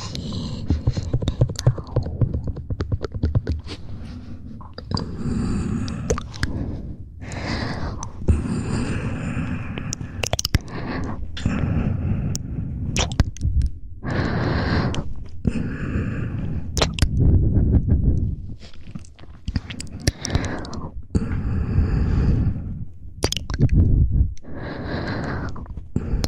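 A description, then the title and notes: Rapid mouth sounds run nonstop: wet smacks, clicks and chewing-like noises in quick bursts over a steady low rumble, with sharp pops throughout. ASMR ReZero Rem Cosplay Fastest Mouth Sounds.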